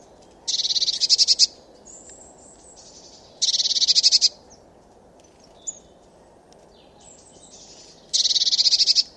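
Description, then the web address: Eurasian blue tit uttering three loud, dry, buzzy churring rattles, the second about three seconds after the first and the third about five seconds later, with quieter high chips between them. "cianscape. Deverinetal"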